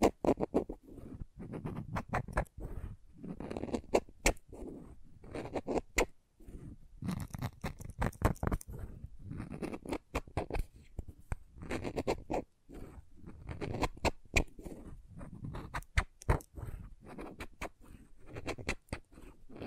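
Crayons tap, scrape and scratch in a busy, irregular stream of sharp clicks and ticks throughout, some louder snaps standing out. Between the taps runs a low, grainy rubbing from drawing and carving strokes, with brief near-silent pauses around 6 and 12 seconds.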